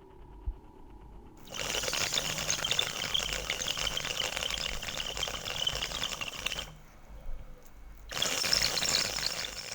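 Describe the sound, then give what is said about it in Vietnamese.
A bamboo water pipe (điếu cày), taken from a table and smoked at night by a grandfather drawing one long puff, gurgles and bubbles in two long bursts, a dense, rattling watery roar that stops briefly before starting up again. No one speaks. “Tiếng điếu cày của ông vang lên giữa mặt đêm tịch mịch.”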